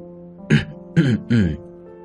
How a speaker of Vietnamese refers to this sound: Mạc trưởng lão nhìn Lam Anh đầy phấn khích, vội vàng hắng giọng.